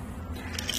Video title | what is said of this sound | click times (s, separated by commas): Does it Fit? Testing the Yakima LongHaul RV Bike Rack on a 2022 Phoenix USA Cruiser Motorhome | super easy to press and the arms will fold down and lock into place right there | 0.6 s, 0.7 s